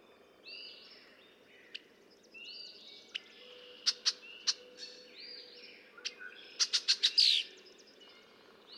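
Red-winged blackbird song: scattered sharp chips and repeated slurred whistles, ending in a rapid stutter and a rough buzzy trill.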